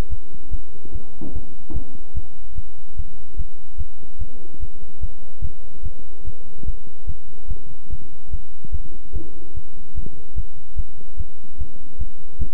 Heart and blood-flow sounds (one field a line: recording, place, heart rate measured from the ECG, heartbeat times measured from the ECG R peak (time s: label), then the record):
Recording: heart sounds by stethoscope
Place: between the tricuspid and mitral areas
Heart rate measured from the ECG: 146 bpm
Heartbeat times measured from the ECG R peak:
0.10 s: heartbeat
0.51 s: heartbeat
0.93 s: heartbeat
1.33 s: heartbeat
1.74 s: heartbeat
2.15 s: heartbeat
2.56 s: heartbeat
2.97 s: heartbeat
3.37 s: heartbeat
3.78 s: heartbeat
4.19 s: heartbeat
4.60 s: heartbeat
5.01 s: heartbeat
5.42 s: heartbeat
5.83 s: heartbeat
6.25 s: heartbeat
6.66 s: heartbeat
7.07 s: heartbeat
7.49 s: heartbeat
7.90 s: heartbeat
8.31 s: heartbeat
8.72 s: heartbeat
9.14 s: heartbeat
9.55 s: heartbeat
9.95 s: heartbeat
10.36 s: heartbeat
10.77 s: heartbeat
11.18 s: heartbeat
11.59 s: heartbeat
11.99 s: heartbeat
12.39 s: heartbeat
From the record:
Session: bicycle stress test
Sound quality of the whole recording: good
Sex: male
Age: 23 years